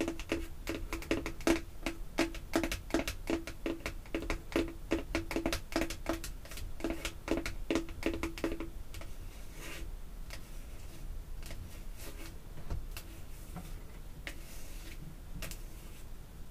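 Artificial nails tap rapidly on perfume bottles and caps, dense sharp clicks for about eight seconds, then sparse, softer, irregular taps.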